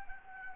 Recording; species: mosquito wingbeat signal from an infrared sensor; Anopheles arabiensis